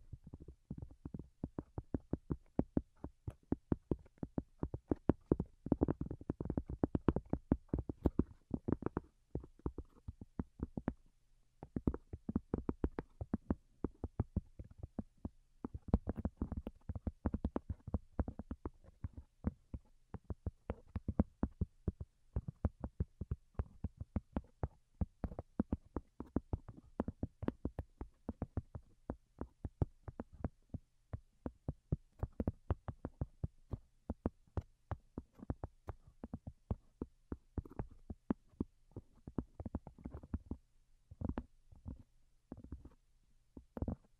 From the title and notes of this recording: ASMR Most Delicate and Calming Tapping for Sleep (No Talking).